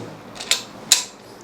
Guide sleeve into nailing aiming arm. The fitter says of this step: once this is gone inside you will hear a clicking sound at this button demonstrating once again